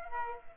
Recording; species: mosquito wingbeat signal from an infrared sensor; Aedes aegypti